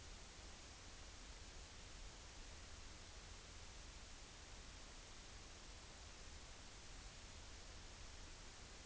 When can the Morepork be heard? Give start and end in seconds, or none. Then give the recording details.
none. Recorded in New Zealand on 30 April 2013. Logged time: 02:19. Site Ponui